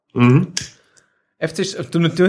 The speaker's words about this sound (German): Was war das denn gerade? Ein Stift? Notierst du dir gerade meine Tipps oder was? Ja, die notiere ich mir, genau. Der ist mal ein Feuerzeug, Alter.